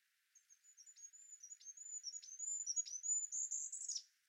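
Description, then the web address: Bird song: a high, thin, sibilant run of rapid notes with short downward strokes that grows louder and ends in a denser flourish. "Ptichki"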